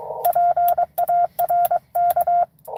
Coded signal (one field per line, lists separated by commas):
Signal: Morse code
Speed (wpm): 23 wpm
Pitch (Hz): 700 Hz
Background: none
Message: PARK